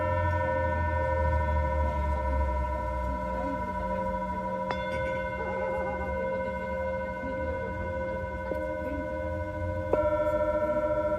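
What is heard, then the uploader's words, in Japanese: Singing bowls ring with steady, layered tones that hang in the air, a low hum underneath and clear higher notes above. A fresh strike lands near the middle and another near the end, brightening the sustained ringing. Faint soft ticking and rubbing sounds drift in between. メキシコから シンギングボウルのサウンドヒーリング ライブ。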